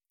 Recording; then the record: hydrophone in a shrimp aquaculture tank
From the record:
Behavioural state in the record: feeding